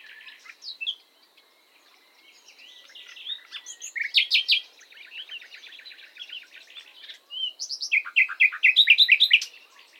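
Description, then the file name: Common nightingale delivering rich song: scattered chirps, a dense rapid trill, a whistled note, then a loud stuttering series of repeated notes. "Luscinia megarhynchos"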